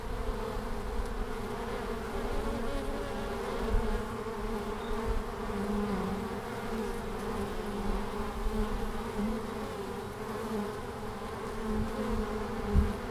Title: Langel, Köln, Deutschland - Bienen im März. Bees in march